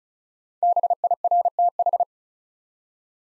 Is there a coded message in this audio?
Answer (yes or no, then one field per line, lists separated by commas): yes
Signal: Morse code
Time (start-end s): 0.6-2.0 s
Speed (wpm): 35 wpm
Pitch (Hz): 700 Hz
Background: none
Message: BIRTH